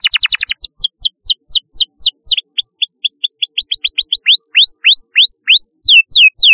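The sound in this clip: Canary pours out continuous rolling trills, repeated arched notes sweeping downward, the rhythm shifting between quicker and slower tours.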